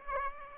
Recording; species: mosquito wingbeat signal from an infrared sensor; Aedes aegypti